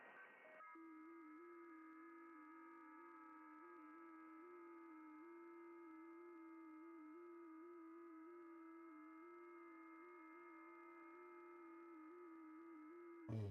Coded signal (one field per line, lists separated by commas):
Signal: FT8